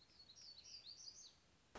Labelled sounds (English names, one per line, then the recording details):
Black-throated Gray Warbler
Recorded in Sonoma County, California